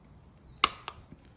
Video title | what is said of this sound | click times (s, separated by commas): Yamaha V Star 1100 - Spark Plug Change | I don't know if you guys can hear this, but when it's going in, you kind of like that metal kind of click. | 0.6 s